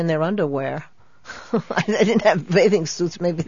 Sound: she laughs

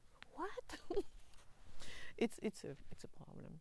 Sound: chuckles

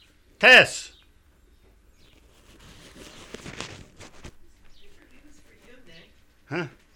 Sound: off-mike comment

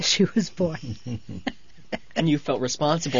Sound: they laugh

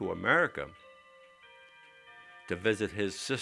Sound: clock chimes in the background

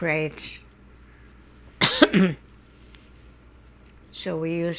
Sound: she coughs

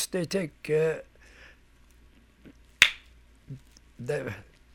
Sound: he makes a slapping sound

